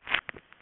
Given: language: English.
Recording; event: throat vibration sensor signal played as sound; swallow